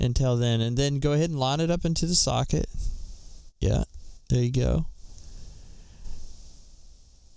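A graphics card is lined up with the motherboard PCIe slot, with the bracket guided past the board before it is pressed in with both hands, while someone talks. Quieter handling noise follows after the talk. The card has not seated or clicked yet.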